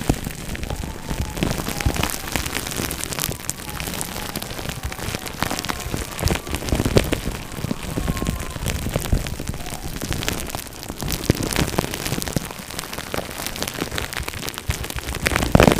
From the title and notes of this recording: Brain massage (bubble wrap, crinkle sounds, no talking).